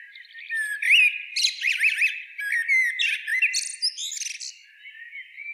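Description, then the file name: Common blackbird with a continuous stream of warbled whistles mixed with sharp high chittering notes throughout. "Turdus merula"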